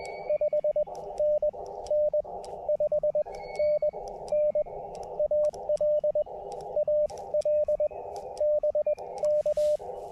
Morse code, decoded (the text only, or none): 5NN 5NN AL AL BK